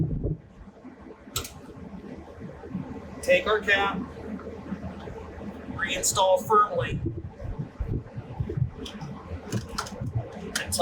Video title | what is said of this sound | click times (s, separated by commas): Baldwin Filters PF46145 and PF46171 Fuel/Water Separators | it clicks now | 10.6 s